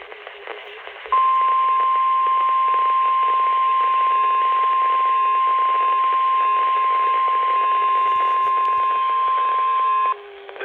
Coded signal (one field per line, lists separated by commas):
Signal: Emergency Alert System (SAME) tones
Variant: 1050 Hz attention tone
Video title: EAS #1,000! EAS Alerts from 6/16/22 (EAS #995-1,015)